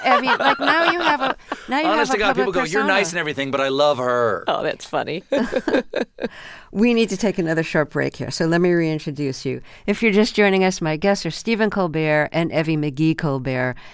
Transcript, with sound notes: Like, now you have...
Honest to God, people go, you're nice and everything, but I love her.
Oh, that's funny (laughter).
We need to take another sharp break here. So let me reintroduce you. If you're just joining us, my guests are Stephen Colbert and Evie McGee Colbert.